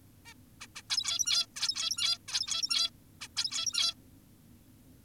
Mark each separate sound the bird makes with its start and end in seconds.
0.26-0.34, 0.61-0.67, 0.76-0.82, 0.90-1.46, 1.56-2.18, 2.28-2.90, 3.21-3.28, 3.37-3.94